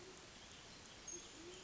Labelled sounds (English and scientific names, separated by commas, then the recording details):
Band-tailed Pigeon (Patagioenas fasciata)
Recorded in Sonoma County, California